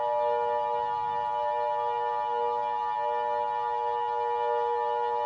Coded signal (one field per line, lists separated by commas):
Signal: Emergency Alert System (SAME) tones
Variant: 853 and 960 Hz attention tone